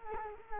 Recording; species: mosquito wingbeat signal from an infrared sensor; Culex quinquefasciatus